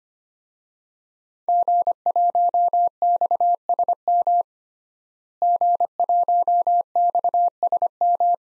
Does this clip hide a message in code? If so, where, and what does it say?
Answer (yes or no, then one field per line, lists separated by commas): yes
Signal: Morse code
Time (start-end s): 1.5-8.3 s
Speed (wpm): 25 wpm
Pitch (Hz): 700 Hz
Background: none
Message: G1XSM G1XSM